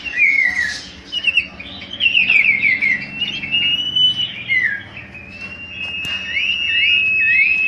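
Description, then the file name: Common iora giving slurred whistles and a wavering trill, then long level whistles ending in short upswept notes. Whistled song used as a lure sound for bird catching. "siulan cipo untuk pancingan"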